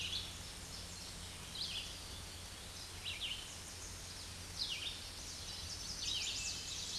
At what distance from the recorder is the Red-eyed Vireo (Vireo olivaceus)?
about 30 m